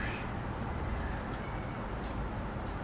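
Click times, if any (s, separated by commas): none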